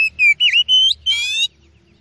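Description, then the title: Oriental magpie-robin song: a short phrase of four clear whistled notes, the last long and buzzy with a rippling quality, then quiet. Masteran (training recording) of aggressive kacer song with full 'tembakan' phrases, meant to make rival kacer birds fight and become agitated within minutes. "Kacer Langsung Tarung Konslet KACER NGOTOT FULL TEMBAKAN. MASTERAN KACER"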